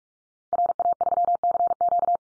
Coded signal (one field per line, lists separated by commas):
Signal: Morse code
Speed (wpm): 44 wpm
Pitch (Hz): 700 Hz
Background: none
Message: RA3CQ